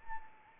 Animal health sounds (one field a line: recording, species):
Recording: mosquito wingbeat signal from an infrared sensor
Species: Anopheles arabiensis